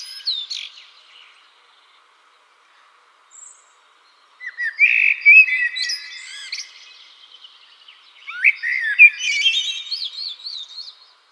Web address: Schulze Peter Eurasian Blackbird song